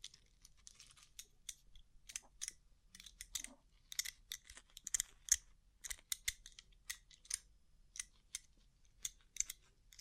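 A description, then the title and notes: Rhinestone-covered tapping: quick, irregular clicks and crisp taps, bright and sharp, coming in clusters throughout with brief quiet gaps between them. ASMR Rhinestone Covered Tapping 3Dio (No Talking).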